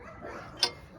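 A torque wrench set to 18 ft-lb tightens a cylinder head bolt over a low, steady background. At 0.6 seconds it gives one sharp click, and the bolt has reached the set torque.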